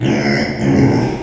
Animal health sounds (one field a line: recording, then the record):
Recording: squeal of a Yucatan mini pig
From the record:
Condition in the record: before surgery on the right vocal fold (resection and tissue-engineered implant)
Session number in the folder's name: 2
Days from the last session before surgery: 0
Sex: male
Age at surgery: 12 weeks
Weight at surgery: 13 kg